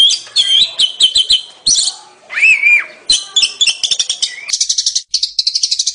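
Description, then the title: Songbird singing a loud, varied medley of rapid chips, whistled slurs and a drawn-out arching whistle, ending in fast buzzy trills. Used to train songbirds. "Masteran Burung"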